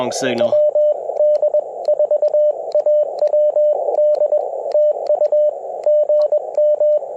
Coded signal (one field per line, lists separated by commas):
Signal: Morse code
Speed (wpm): 21 wpm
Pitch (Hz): 600 Hz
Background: speech, radio noise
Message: WD4AWD TU GM